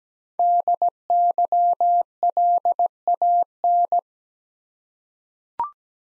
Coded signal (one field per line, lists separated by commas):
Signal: Morse code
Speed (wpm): 17 wpm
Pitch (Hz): 700 Hz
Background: none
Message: DYLAN